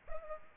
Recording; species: mosquito wingbeat signal from an infrared sensor; Culex pipiens